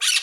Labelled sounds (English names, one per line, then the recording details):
Brown-throated Parakeet contact call
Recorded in Margarita
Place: Rd. to Arenera, R. El Muco
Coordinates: 10.983, -64.362